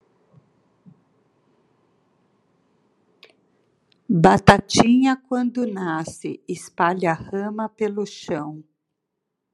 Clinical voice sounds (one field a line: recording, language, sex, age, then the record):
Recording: short text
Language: Brazilian Portuguese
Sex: female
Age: 50 to 59 years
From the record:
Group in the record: control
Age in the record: 55 years